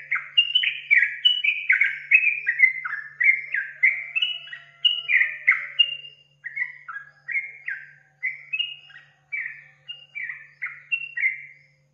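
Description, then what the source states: Yellow-vented Bulbul song: a steady run of short bubbly, slurred notes delivered quickly almost throughout, over a faint low hum. Tutor recording for training caged birds; song style called tembakan; described as a champion bird.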